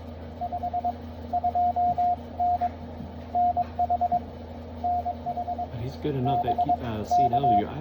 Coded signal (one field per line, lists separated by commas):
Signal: Morse code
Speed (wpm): 18 wpm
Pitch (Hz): 700 Hz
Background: speech, radio noise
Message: 52N NH NH BK